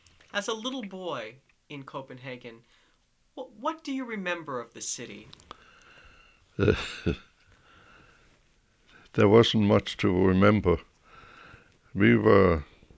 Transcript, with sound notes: As a little boy in Copenhagen, what do you remember of the city?
( he laughs ) There wasn't much to remember. We were,